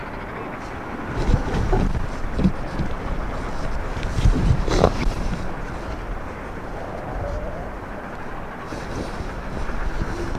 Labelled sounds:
Arctic Fox
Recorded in the wild
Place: Insel Mednyi, Kommandeur-Inseln, RU
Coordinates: 54.5167, 168.083
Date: 1999-06-23
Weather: Nebel, 4°C, schwacher Wind
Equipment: Sony WM-D6C, Sennheiser ME 80, Windkorb, Kopie Sony TCD-D8
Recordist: Frommolt, Karl-Heinz

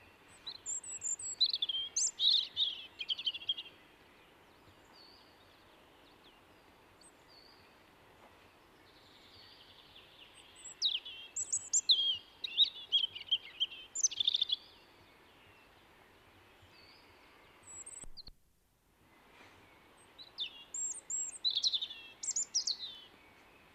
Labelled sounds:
European Robin song
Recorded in the wild
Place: Garmisch-Partenkirchen, Bayern, DE
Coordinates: 47.4892, 11.1467
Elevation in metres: 956
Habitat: mountains
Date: 1973-04-26
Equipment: Nagra IV, Sennheiser MKH 405, Parabolreflektor
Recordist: Tretzel, Erwin

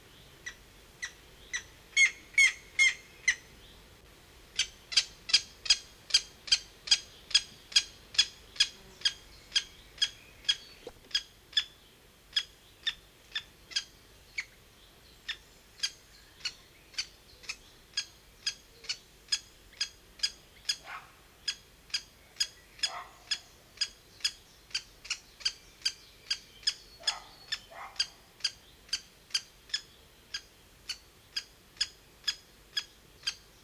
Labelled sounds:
Grey-headed Woodpecker begging call
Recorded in the wild
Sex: female
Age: juvenile
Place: Detmold, OT Hiddesen, Teutoburger Wald, Nordrhein-Westfalen, DE
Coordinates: 51.9119, 8.82861
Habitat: dell
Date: 1969-06-17
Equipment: Uher 4000 Report-S, Bändchenmikro Beyer M 260, Parabolspiegel Polyester (470 mm)
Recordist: Conrads, Klaus
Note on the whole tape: Heidental bei Hiddesen. Ausgeflogenes, junges Weibchen: Bettelrufe und Fütterung

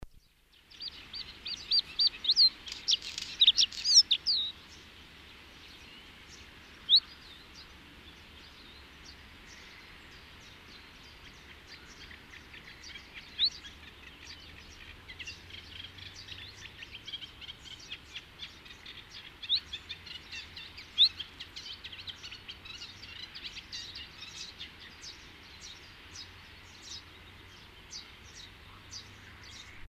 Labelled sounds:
Bluethroat song
Eurasian Reed Warbler
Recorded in the wild
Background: Acrocephalus scirpaceus
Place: Kühkopf, Hessen, DE
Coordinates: 49.8242, 8.44944
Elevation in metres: 85
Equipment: Nagra IV, Sennheiser MKH 405, Parabolreflektor
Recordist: Tretzel, Erwin
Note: Kühkopf: Gesang

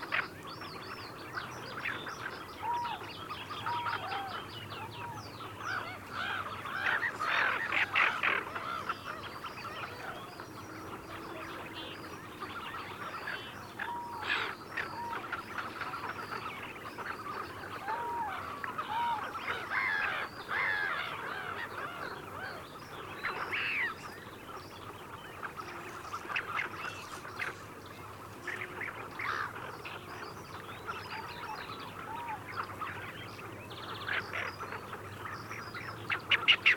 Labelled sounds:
Tufted Duck call
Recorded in the wild
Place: Gingst, Insel Rügen, Mecklenburg-Vorpommern, DE
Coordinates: 54.534, 13.303
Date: 1977-03-27
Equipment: Nagra III BH, Sennheiser MD 21, parabola
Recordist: Schubert, Michael

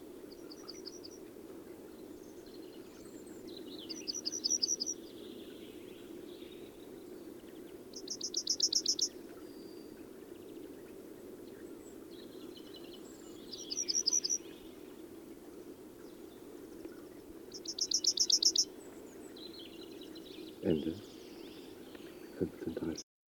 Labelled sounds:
European Robin song
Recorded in the wild
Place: Brunn, Mecklenburg-Vorpommern, DE
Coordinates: 53.662, 13.335
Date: 1981-04-09 15:30
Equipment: Nagra III BH, Sennheiser MD 21, parabola
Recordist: Schubert, Michael
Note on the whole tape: Gesang Rotkehlchen

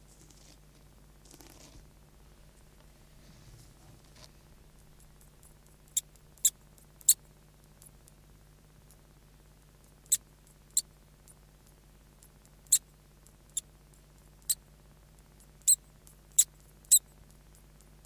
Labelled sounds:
European Water Vole call
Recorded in captivity
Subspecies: terrestris
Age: juvenile
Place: Zoologisches Institut der HUB, Berlin, DE
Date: 1969-10-14
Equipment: Studiomaschine, Kondensatormikrofon
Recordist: Johst, Volker
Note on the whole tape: Versuch A2/47: Rufe eines von vier Jungtieren (10 Tage alt) bei Berührung bzw. Anblasen

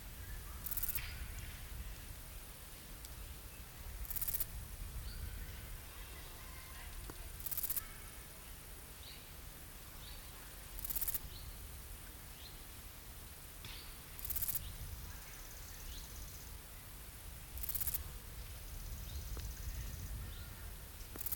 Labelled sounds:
Small Gold Grasshopper stridulation
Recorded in the wild
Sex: male
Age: imago
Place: Treuchtlingen, Heumöderntal, Bayern, DE
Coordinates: 48.96, 10.91
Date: 1993-09-21
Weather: 22,8°C, sonnig
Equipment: Marantz CP 430, Sennheiser MKH 416 T, Kopie Uher Variocord 263
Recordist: Tembrock, Günter

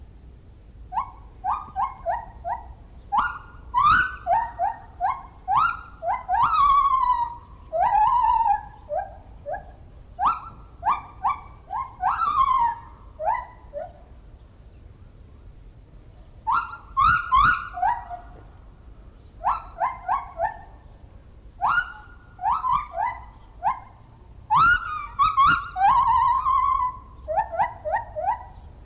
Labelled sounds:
Lar Gibbon
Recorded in captivity
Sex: male
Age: adult
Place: Zoo Rostock, Mecklenburg-Vorpommern, DE
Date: 1975-12-05 10:30
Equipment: Uher CR 210, Verstärker, Sennheiser MD 421, Kopie Unitra ZK 246
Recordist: Tembrock, Günter

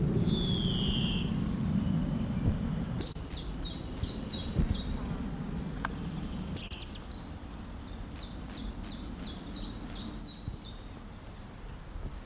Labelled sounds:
European Greenfinch call
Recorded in the wild
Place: Schildow, NSG, Kalktuffgelände am Tegeler Fließ (NSG Schildow), Berlin, DE
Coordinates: 52.642, 13.37
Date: 1992-07-04 11:16
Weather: sonnig (schwül), 24-28°C
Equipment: Marantz CP 430, Sennheiser ME 80, Kopie Tesla B 116
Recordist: Tembrock, Günter

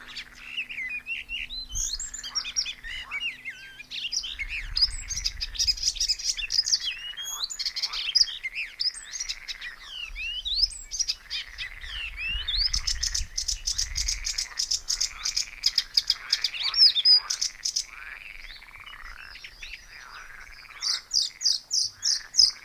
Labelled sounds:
Icterine Warbler song
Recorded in the wild
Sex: male
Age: adult
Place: Baiersdorf, Bayern, DE
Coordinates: 49.6578, 11.0319
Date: 1962-06-17
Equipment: Stellavox SM 5, Vorverstärker, Original, Vollspur
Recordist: Tretzel, Erwin

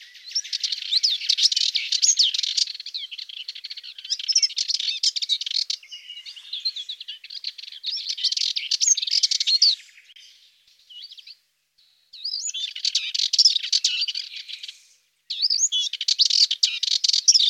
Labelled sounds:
Subalpine Warbler song
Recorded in the wild
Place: St. Laurent des Arbres und Umgebung, FR
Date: 1997-04-26
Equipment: Dat-Recorder Casio DA 7, Telinga DAT, Telinga-Parabolspiegel
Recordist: Schwarz, Dieter

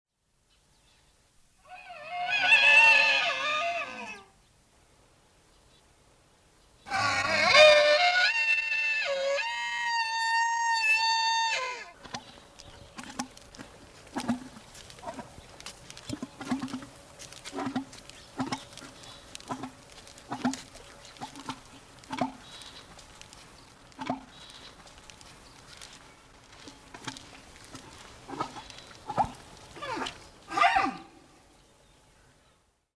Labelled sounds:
Wapiti
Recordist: Tembrock, Günter
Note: Hirsch: Rufe und "Blubbern"

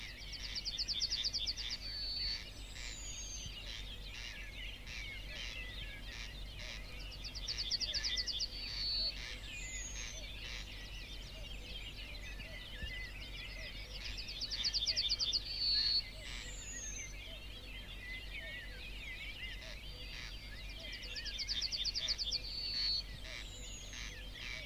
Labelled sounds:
Yellowhammer
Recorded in the wild
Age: adult
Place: Hörfeld, AT
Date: 1972-05-26
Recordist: Brunner, Thomas

